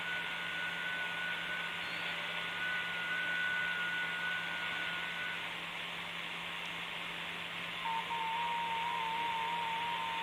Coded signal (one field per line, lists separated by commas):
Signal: FT8